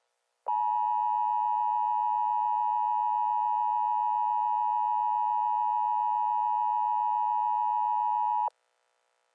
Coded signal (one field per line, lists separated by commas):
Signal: Emergency Alert System (SAME) tones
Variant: 853 and 960 Hz attention tone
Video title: |Part 1| EAS Scenario #21 - Theia Virus (T30-Virus)